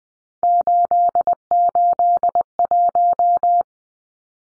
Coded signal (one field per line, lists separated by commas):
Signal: Morse code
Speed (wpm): 20 wpm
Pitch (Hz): 700 Hz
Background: none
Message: 881